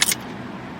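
A microSD card is pushed deeper into a tablet's spring-loaded card slot with a key-like tool. A sharp click at 0.0 s and a second smaller transient around 0.1 s are followed by quiet low background noise. The card is seated and locked in the slot.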